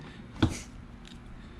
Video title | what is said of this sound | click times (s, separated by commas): Viking Premium Leather Wrapped Motorcycle Trunk | When you close it, you'll hear this click. It's a very satisfying click, | 0.4 s